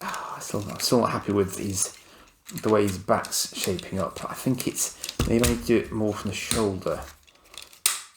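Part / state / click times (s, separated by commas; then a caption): transforming robot toy back panel seating at the shoulder joint / seated / 7.9 s. Someone talks while working the plastic back panel and shoulder of a 40-year-old vintage G1 Autobot Transformer robot toy, Jetfire, into position, with faint handling ticks just before. A sharp, loud click at 7.9 s marks the back panel seating into place at the shoulder joint after some shoulder manipulation.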